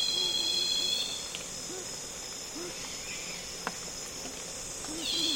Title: Congo Basin Rainforest - Afternoon - Loud Cicadas